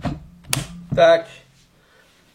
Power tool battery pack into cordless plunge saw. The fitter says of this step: petit clic donc vous voyez les deux boutons ils sont là maintenant